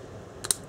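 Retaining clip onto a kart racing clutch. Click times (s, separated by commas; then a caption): 0.4 s, 0.5 s. A metal retaining clip is pushed down onto an Ascendancy kart racing clutch, with its corners lined up on the little posts, until it locks. Two sharp, bright clicks come close together at about 0.5 s and 0.5 s, the second louder, over a quiet background. The clip snaps into place and is seated.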